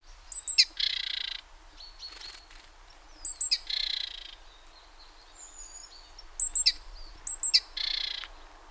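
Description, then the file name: Great tit calls, bright high clipped notes each followed by a harsh buzzy churr, repeated in three bursts against quiet background. "Parus major"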